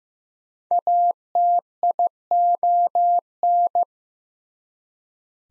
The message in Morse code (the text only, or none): ATION